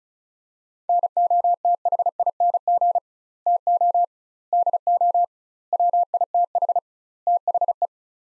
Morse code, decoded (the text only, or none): NOTHING TO DO WITH THE